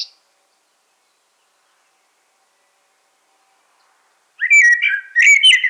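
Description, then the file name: Common blackbird: after a long silence, a burst of warbled, chattering notes between mid and high pitch that runs on to the end. "Turdus merula"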